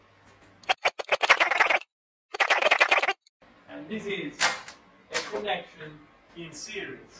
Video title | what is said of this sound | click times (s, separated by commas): Series vs Parallel -Two connection ways of solar panels | Here we hear a click. | 1.3 s